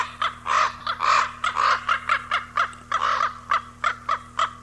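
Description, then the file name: Common raven calls: loud, harsh croaks and shorter knocking notes in quick, irregular succession, over a faint low hum. Recorded 18 April 1994. "18 04 94 Ccorax"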